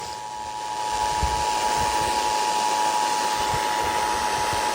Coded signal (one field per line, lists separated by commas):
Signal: Emergency Alert System (SAME) tones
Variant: 853 and 960 Hz attention tone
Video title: EAS #2848 Severe Thunderstorm Warning on WZOK